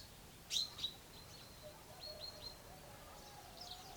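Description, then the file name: Common chaffinch call notes, two sharp high chips early on, then a run of softer descending chips and faint chirps over a constant hiss. "Fringilla coelebs"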